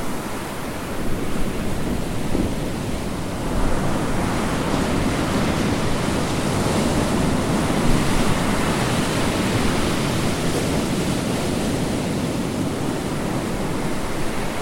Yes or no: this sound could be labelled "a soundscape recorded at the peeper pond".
no